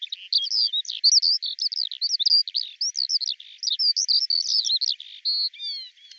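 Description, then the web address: Eurasian skylark singing a fast, jumbled torrent of high chirps and slurred whistles, ending with a few clearer downslurred notes. "cianscape birddata Deverinetal 2025 Bird Al Ar"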